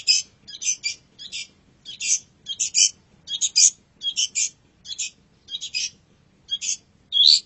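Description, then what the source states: Long-tailed shrike song of harsh, scratchy paired notes repeated in steady bursts, ending on a clearer whistled slur. Masteran (tutor) song recording of the long-tailed shrike, known locally as cendet.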